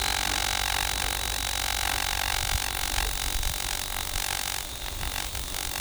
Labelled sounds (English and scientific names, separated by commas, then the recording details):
none
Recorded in forest near Pivijay, Magdalena, Colombia, on 18 April 2023 at 07:30
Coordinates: 10.467, -74.380
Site Z5-G034